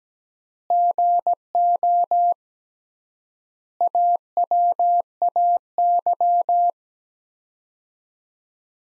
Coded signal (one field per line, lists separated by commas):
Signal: Morse code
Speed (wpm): 17 wpm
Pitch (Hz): 700 Hz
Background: none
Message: GO AWAY